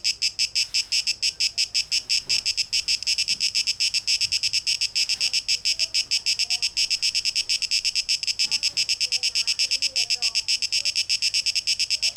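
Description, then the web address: Cicadas keeping up a continuous, high, rhythmically throbbing buzz, with faint soft chirps and a few muffled knocks in the background. Cicadas, 12 August 2023, tape echo mix. "rauschpartikel 2023-08-12 Zikaden"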